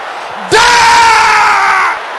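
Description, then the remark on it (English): A church audience, urged by the preacher to roar like thunder, erupts into a loud, sustained roar of shouting voices that bursts in abruptly and holds at full volume for about a second and a half before easing slightly. “Can I hear your voice roaring like thunder?”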